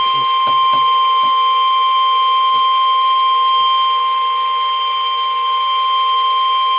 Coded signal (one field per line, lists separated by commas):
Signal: Emergency Alert System (SAME) tones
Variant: 1050 Hz attention tone